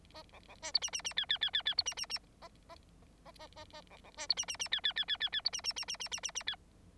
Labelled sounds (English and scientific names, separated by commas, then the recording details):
Bengalese Finch (Lonchura striata domestica) song
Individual Bird9